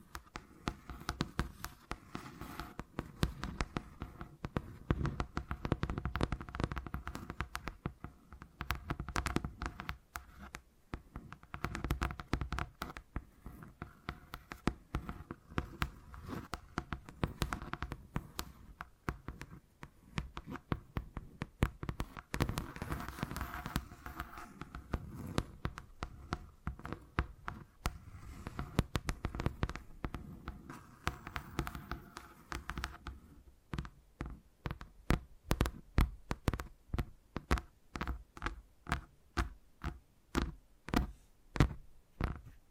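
Tingly tapping sounds, a dense, rapid patter of light taps with a low thudding undertone through most of the clip. The tapping swells and thins in waves, and after about 33 seconds it turns sparser and more regular, with crisp, separate taps.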